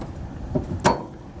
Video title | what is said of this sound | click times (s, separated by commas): etrailer - How to Set Up Your Stealth Hitches Hidden Rack Receiver on a 2016 Volvo XC90 | and click it's now inserted into the receiver | 0.9 s